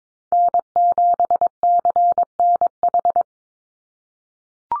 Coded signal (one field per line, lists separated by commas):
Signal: Morse code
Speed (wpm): 22 wpm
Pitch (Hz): 700 Hz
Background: none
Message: N7CNH